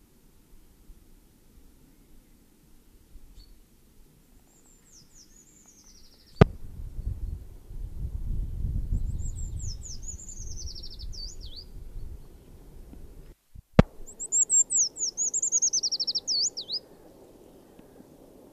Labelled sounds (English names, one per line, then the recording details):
Eurasian Treecreeper song
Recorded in the wild
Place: Garmisch-Partenkirchen, Bayern, DE
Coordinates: 47.4917, 11.0794
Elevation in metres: 703
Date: 1967-03-25
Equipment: Nagra
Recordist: Tretzel, Erwin